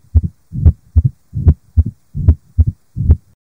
Mitral stenosis is where there is narrowing of the mitral valve, increasing resistance to blood flow from the left atrium to left ventricle. It produces a murmur, best heard at the apex, that has a rumbling character. There is no typical radiation, and it's usually low-pitched. It's a mid-diastolic murmur, with an opening click or snap, occurring due to buildup of blood in the left atrium, increasing the pressure and forcing open the stenosed valve.